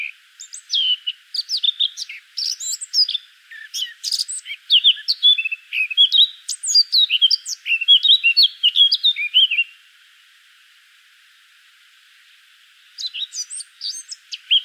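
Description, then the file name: Eurasian blackcap singing a long, fast jumble of scratchy and fluting notes for nearly ten seconds, then a pause before a second burst starts. "Sylvia atricapilla"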